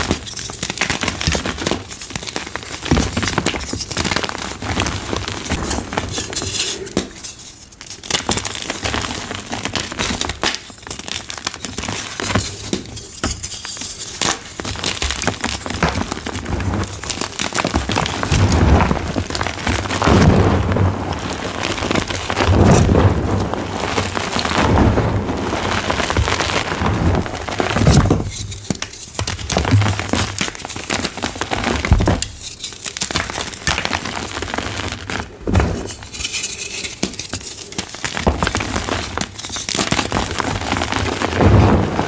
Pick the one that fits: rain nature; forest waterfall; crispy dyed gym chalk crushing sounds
crispy dyed gym chalk crushing sounds